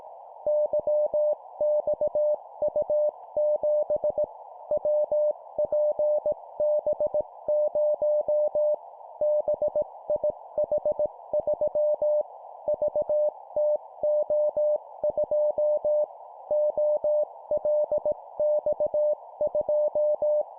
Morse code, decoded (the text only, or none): YXU7 WPB0 BIH3 VTO2 OLX2